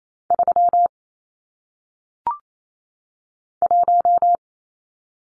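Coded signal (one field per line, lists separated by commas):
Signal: Morse code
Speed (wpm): 28 wpm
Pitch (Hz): 700 Hz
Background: none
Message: 3 1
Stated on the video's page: 28 WPM head-copy drill of single-digit numbers, each sent in Morse, spoken, then sent again.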